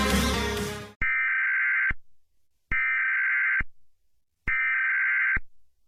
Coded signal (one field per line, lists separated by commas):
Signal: Emergency Alert System (SAME) tones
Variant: header bursts